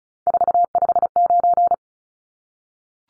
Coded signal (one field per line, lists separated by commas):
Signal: Morse code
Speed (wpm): 34 wpm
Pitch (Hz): 700 Hz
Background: none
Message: 459